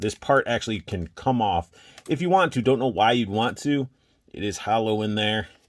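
Someone talks while handling the removable, hollow part of the large plastic weapon from a Mythic Legions All Stars 4 Forest Troll 2.0 action figure, which has come off and is about to be pushed back into place. Only speech is heard, with short pauses. Nothing has seated or clicked yet.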